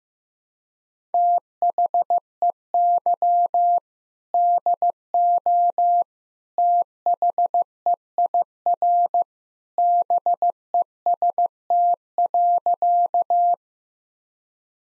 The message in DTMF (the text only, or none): none